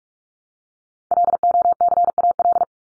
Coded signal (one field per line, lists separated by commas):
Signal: Morse code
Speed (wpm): 44 wpm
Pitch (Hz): 700 Hz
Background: none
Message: LOCAL